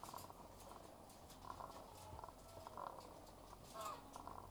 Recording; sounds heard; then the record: poultry house recording; sick chickens (respiratory disease)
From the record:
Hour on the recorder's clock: 13